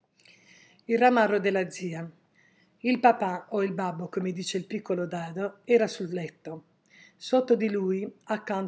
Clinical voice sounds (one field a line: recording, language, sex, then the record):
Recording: read passage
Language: Italian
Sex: female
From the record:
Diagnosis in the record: healthy control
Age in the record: 69 years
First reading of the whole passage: 57 s, 9.1 characters per second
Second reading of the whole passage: 50 s, 10.4 characters per second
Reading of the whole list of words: 47 s, 6.0 characters per second